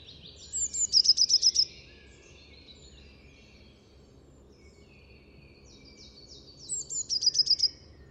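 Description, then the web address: Eurasian blue tit call: high thin notes leading into a quick ringing trill, given twice about six seconds apart, with faint twittering between. "cianscape. Deverinetal"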